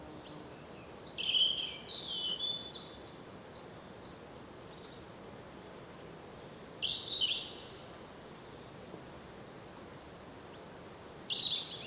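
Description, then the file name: European robin with high, thin repeated notes and scratchy twittered bursts separated by quiet gaps, set against faint steady hiss. "Erithacus rubecula"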